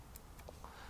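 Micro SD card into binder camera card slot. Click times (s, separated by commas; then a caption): 0.2 s. A micro SD card is pushed into the side slot of a LawMate PV-NB10W hidden-camera binder, with the words facing up toward the top of the binder. A short, bright click at 0.2 s marks the card seating, followed by a few fainter ticks against a low background hum.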